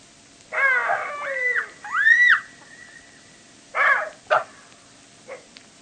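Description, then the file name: Jackal calls: long quavering wails with falling notes, then a pair of rough yelps and a faint last yip. "zvuki shakala"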